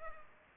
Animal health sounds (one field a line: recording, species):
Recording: mosquito wingbeat signal from an infrared sensor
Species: Culex pipiens